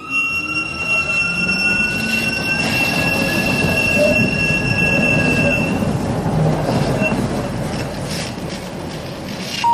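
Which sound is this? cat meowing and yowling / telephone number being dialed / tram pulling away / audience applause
tram pulling away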